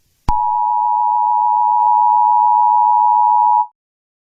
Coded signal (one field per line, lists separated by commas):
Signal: Emergency Alert System (SAME) tones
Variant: 853 and 960 Hz attention tone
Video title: EAS SCENARIO #46: I-Ready Characters